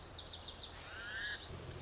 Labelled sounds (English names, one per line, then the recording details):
Lazuli Bunting
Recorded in Sonoma County, California